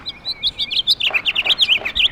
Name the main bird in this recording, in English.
House Finch